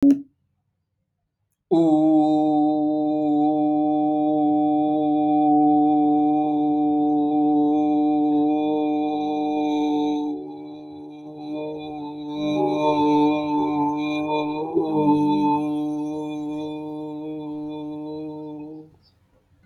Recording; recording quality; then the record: sustained vowel as in boot; excellent, no background noise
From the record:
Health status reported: healthy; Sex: male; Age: 33 years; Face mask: not worn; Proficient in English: yes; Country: India